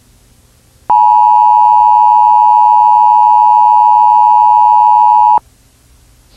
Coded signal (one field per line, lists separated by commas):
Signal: Emergency Alert System (SAME) tones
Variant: 853 and 960 Hz attention tone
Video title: Eas 2